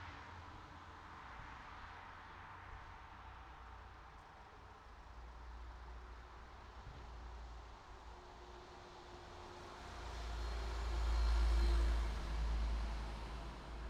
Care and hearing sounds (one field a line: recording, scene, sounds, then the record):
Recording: everyday scene through a hearing-aid microphone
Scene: in traffic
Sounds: traffic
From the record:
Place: city secondary road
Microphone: in the ear canal, right